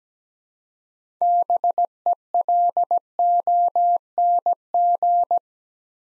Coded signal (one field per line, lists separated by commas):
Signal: Morse code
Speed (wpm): 17 wpm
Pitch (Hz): 700 Hz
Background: none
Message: BELONG